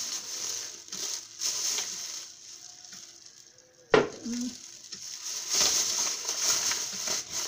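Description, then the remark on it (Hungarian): A bag crinkles and rustles as it is handled, in irregular bursts of crackly noise with one sharp crunch partway through; no one talks. “Ja, ilyen nagyon zacskó volt nálam csak.”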